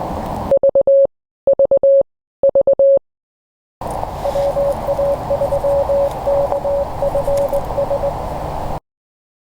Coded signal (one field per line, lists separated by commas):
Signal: Morse code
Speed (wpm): 19 wpm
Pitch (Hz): 560 Hz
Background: none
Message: V V V WA3KFS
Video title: LISTEN AND COPY MORSE CODE WITH #KQ3Q